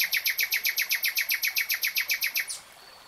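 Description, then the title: Nightingale song: a steady run of many loud, sharp, repeated notes delivered rapidly for about two and a half seconds, then it stops. Nightingale singing in real time. "[Tiếng chim hót] 3 Hours REALTIME Nightingale Singing"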